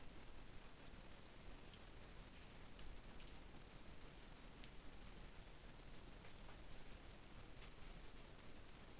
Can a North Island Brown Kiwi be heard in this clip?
no